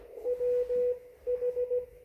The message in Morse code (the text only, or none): WH